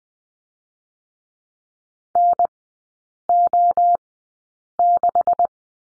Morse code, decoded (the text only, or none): NO6